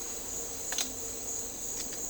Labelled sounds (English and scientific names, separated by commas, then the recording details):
none
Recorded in dense forest near Puerto Asís, Putumayo, Colombia, on 4 March 2025 at 16:00
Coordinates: 0.467, -76.328
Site G041